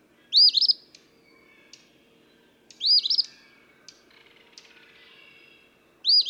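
Eastern phoebe singing a harsh, buzzy phrase three times, roughly every two and a half seconds, with faint clicks in between.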